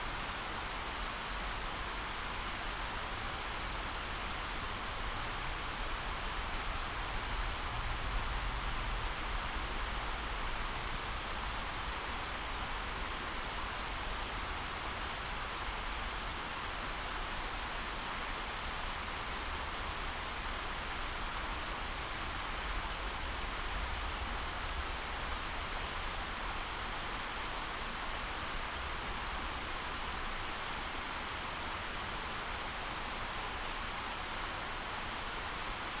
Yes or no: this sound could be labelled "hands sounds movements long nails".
no